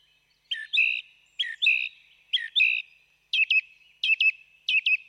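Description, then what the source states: Song thrush song with a two-part phrase sung three times, followed by a sharper clipped phrase also repeated three times. Recorded excerpt played on the radio; song thrushes are said to come and feed in ivy.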